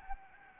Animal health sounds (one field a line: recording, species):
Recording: mosquito wingbeat signal from an infrared sensor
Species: Anopheles gambiae